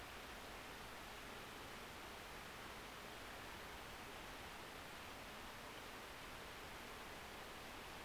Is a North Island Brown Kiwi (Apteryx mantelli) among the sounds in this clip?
no